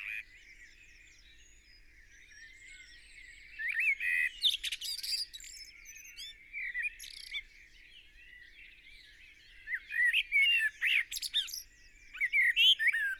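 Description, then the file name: Eurasian blackbird singing mellow, fluty warbled phrases that close with thin, high-pitched squeaky flourishes; several phrases with pauses between them. "Turdus merula"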